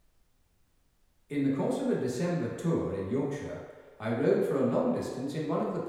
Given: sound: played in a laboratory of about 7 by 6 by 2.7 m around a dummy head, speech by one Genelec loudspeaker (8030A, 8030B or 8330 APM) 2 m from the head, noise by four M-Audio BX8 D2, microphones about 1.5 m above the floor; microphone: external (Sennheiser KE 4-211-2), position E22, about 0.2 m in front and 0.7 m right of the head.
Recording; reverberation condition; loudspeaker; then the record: male speech in English; high; 150 degrees to the right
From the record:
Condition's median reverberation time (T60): about 1300 ms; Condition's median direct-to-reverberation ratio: about -4.0 dB